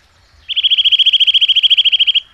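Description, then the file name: Eurasian nuthatch delivering a fast, even trill of many rapid whistled notes at a steady pitch, lasting under two seconds. "csuszka"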